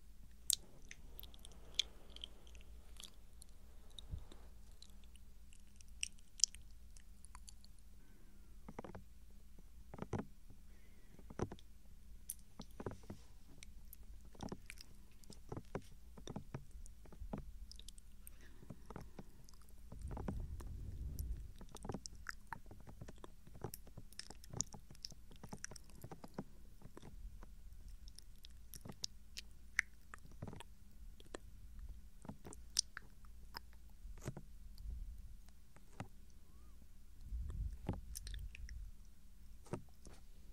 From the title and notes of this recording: ASMR Tingles Overload SOFT Ear Touching & GENTLE Mouth Sounds For Sleep.